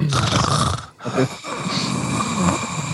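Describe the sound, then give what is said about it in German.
Heavy, rasping Darth Vader-style breathing on a livestream, in two long, hissing breaths split by a brief pause, loud and steady like air drawn through a mask, with no talking. “Was ist denn das eigentlich für ein schweres Atmen?”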